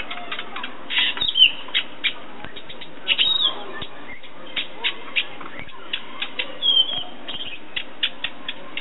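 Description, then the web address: Thrush song: a few faint whistled phrases amid many sharp clicks and steady background noise. "Golosa ptic - Penie drozda. Ptica - Penie ptic - Drozd"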